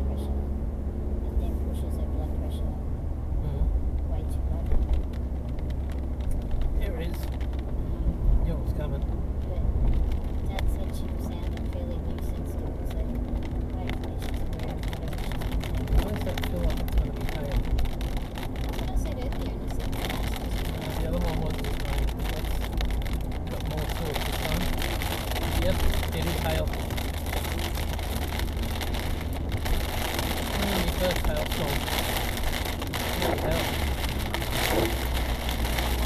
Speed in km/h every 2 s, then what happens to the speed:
40, 43, 39, 39, 42, 42, 45, 51, 50, 53, 53, 49, 47, 45, 45, 45, 47, 46.
0-6 steady at about 39. 6-18 speeds up to 53. 18-26 slows to 45. 26-36 steady at about 45.